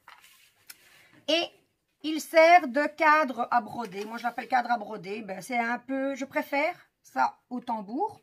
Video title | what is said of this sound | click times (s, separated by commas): Mon matériel point de croix ... | On le clipse. | 0.7 s